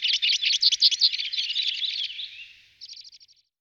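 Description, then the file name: Two-barred crossbill in a fast, scratchy twitter of high notes that fades, then a short, quiet dry trill closes the phrase. "Krivka belokridla Loxia leucoptera"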